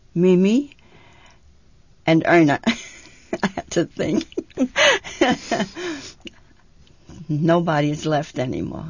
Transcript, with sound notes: Mimi and Erna. ( she laughs ) I had to think. Nobody's left any more.